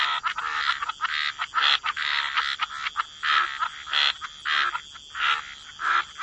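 Frog chorus with many overlapping rasping croaks, bursts following each other quickly and irregularly throughout.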